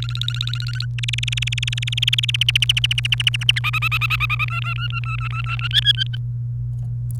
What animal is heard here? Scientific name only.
Serinus canaria